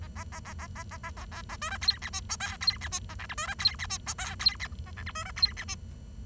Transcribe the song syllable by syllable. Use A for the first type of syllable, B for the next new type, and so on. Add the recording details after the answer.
A A A A A A A A A B A C D E F G H I E F G A J K C D E F G H I E F A J K C D E F G. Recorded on 23 June 2012 at 08:04. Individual gr41rd51